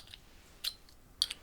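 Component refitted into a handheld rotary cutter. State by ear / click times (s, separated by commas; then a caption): not seated / none. A part of a handheld precision rotary cutter is turned the other way and pushed back into place. Short, faint ticks and knocks are heard around 0.1, 0.7, 0.9, 1.2 and 1.3 seconds, with the sharpest at 1.2 seconds. The part does not snap in and nothing has clicked into place yet.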